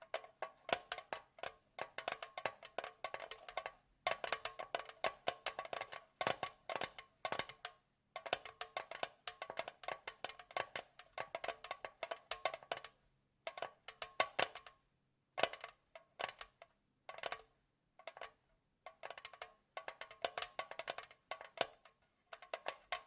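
Tapping goes on in quick, uneven bursts, each burst a dense run of sharp clicks with a faint ringing tone around the middle. Short silent gaps break the runs, near 4, 8, 15 and 18 seconds, and a low steady hum sits underneath.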